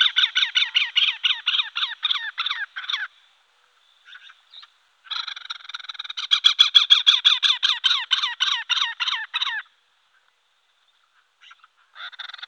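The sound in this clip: Great spotted cuckoo uttering long runs of quick, harsh, rattling notes, two extended series separated by a brief gap with scattered softer notes, another run starting at the end.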